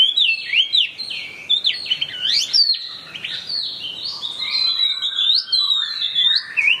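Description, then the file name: Chinese hwamei pouring out a continuous, energetic song of sweeping whistles, steep upslurs and wavering fluty notes with barely a pause. In full song (gacor). "audio hwamei gacor. omkicau"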